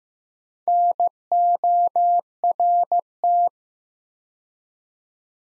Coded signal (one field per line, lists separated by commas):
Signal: Morse code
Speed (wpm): 15 wpm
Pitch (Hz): 700 Hz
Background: none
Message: NORT